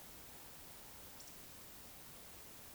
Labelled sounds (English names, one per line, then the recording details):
Eurasian Woodcock whistle
Eurasian Woodcock croak
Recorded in Baden-Württemberg, Germany, on 20 May 2021 at 19:55 UTC
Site 24606, 635 m above sea level